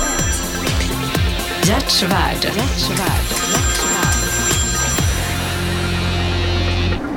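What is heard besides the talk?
mobile phone ringing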